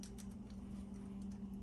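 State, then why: Not seated. Cartridges are handled in a revolver speed loader whose knob will be turned to lock the rounds in place. Two small, sharp ticks come near 0.0 and 0.2 seconds, followed by faint light rustling over a steady low hum. Nothing has seated or clicked into place yet.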